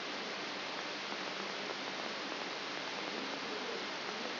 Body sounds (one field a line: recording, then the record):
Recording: brain microelectrode recording played as sound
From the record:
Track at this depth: outside the subthalamic nucleus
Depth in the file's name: 6.501 mm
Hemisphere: left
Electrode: 3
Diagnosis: Parkinson's disease